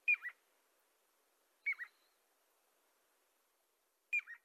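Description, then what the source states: Piping Plover peeps: three clear whistled calls, each a high note dropping to a lower second note, a few seconds apart over an otherwise quiet background. Little peeps heard in the distance on Lido Beach, Long Island; birds hard to see even by telescope; federally threatened species, endangered in New York.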